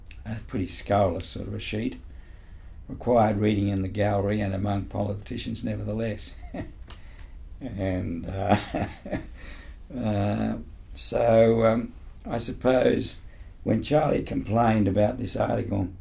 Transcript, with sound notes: A pretty scurrilous sort of a sheet. Required reading in the Gallery and amongst politicians, nonetheless.. [Laughs] So, I suppose, when Charlie complained about this article